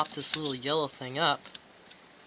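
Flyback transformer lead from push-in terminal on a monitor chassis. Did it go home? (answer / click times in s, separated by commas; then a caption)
released / 1.9 s. Someone talks as the small yellow release lever on a push-in wire terminal on a monitor chassis is lifted to free the flyback transformer lead. A small click at 1.9 s marks the wire coming straight out of the terminal, released.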